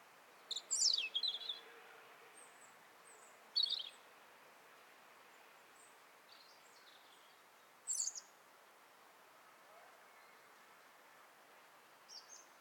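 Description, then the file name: European robin singing high, thin, warbled phrases in separated bursts a few seconds apart, over a steady background hiss. "Erithacus rubecula - European Robin"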